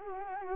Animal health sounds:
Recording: mosquito wingbeat signal from an infrared sensor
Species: Anopheles arabiensis

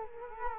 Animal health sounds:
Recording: mosquito wingbeat signal from an infrared sensor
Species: Culex quinquefasciatus

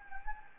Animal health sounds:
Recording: mosquito wingbeat signal from an infrared sensor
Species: Anopheles gambiae

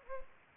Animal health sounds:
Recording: mosquito wingbeat signal from an infrared sensor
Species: Anopheles gambiae

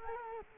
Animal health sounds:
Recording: mosquito wingbeat signal from an infrared sensor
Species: Culex quinquefasciatus

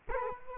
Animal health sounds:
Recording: mosquito wingbeat signal from an infrared sensor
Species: Culex quinquefasciatus

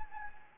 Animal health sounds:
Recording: mosquito wingbeat signal from an infrared sensor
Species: Anopheles gambiae

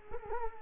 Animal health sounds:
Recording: mosquito wingbeat signal from an infrared sensor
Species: Culex quinquefasciatus

